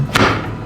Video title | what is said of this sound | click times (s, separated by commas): NEWAIR 48qt DUAL ZONE FRIDGE - ULTRA QUITE - PORTABLE - EFFICIENT - PERFECT FOR OVERLANDING | nice positive sound with the locking mechanism | 0.2 s